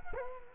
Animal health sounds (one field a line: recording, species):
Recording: mosquito wingbeat signal from an infrared sensor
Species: Culex quinquefasciatus